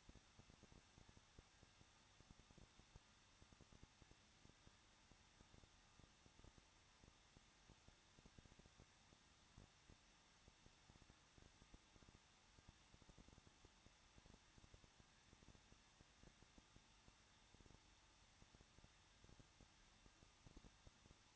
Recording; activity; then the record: daily activity, microphone in the room; no activity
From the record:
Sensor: 3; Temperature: 21.2 degrees Celsius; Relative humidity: 36.3%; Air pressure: 1006.4 hPa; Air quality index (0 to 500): 221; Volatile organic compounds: 40 ppm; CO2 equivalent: 3149 ppm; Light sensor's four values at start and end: 2/3/2/2 and 2/3/2/2